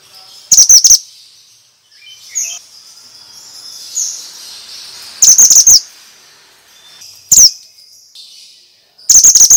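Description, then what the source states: Bird chirping: three short clusters of very high, sharp tweets, with a lone chirp between and soft background hiss. Used as a lure for stressed birds; described as 'mantenan' sound.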